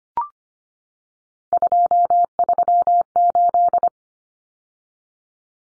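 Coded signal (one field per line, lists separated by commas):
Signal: Morse code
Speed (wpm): 25 wpm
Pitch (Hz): 700 Hz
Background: none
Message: 238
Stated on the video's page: Three-digit number head-copy drill at 25wpm, each sent in Morse, spoken, then sent again.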